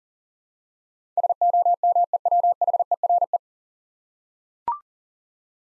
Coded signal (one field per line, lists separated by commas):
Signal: Morse code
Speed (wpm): 40 wpm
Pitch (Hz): 700 Hz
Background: none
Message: SOMEWHERE